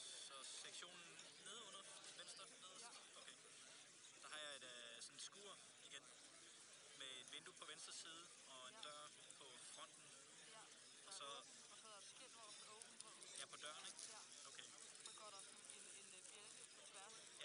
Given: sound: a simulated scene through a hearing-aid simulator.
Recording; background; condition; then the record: conversation; cafeteria; 0 dB SNR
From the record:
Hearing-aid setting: II (fast-acting compression, audibility-based gain, advanced features for about 2.5 dB of SNR improvement); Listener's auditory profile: C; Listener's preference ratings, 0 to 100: 67, 77, 45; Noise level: 65 dB SPL